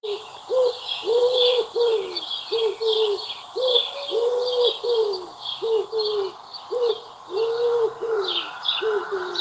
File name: Paloma torcaz